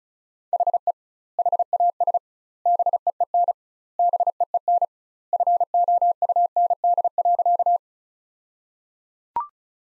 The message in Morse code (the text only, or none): HE HAS BEEN BEEN FOUND.